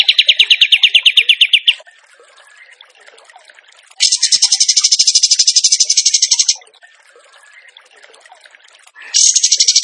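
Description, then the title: Bird song: repeated fast buzzy trills, each around two seconds, alternating with soft twittering and faint chirps in the background. Masteran training recording of a gacor bird singing in tembakan style. "Masteran Burung Tembakan Gacor"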